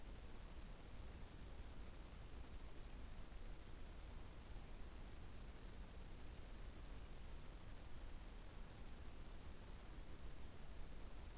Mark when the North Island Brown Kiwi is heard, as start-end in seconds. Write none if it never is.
none